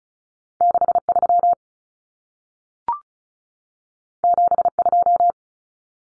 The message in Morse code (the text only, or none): 63 72